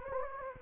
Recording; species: mosquito wingbeat signal from an infrared sensor; Anopheles gambiae